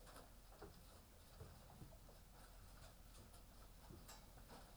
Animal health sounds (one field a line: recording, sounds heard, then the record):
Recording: poultry house recording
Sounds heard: healthy chickens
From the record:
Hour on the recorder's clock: 18